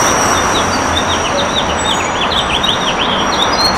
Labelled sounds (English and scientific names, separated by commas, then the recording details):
House Finch (Haemorhous mexicanus) song
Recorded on Long Island, New York, on 15 June 2012
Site WI
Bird A